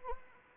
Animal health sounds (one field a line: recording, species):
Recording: mosquito wingbeat signal from an infrared sensor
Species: Anopheles arabiensis